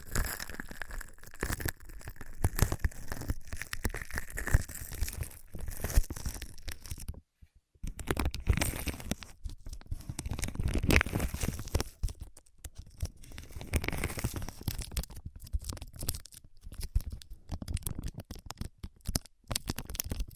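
Ear massage and cleaning sounds: dense, rough rubbing and crinkling scratches that continue almost without pause. A short silence falls around seven seconds, then the crackly rubbing resumes, with sharper bursts and brief dips in the later half.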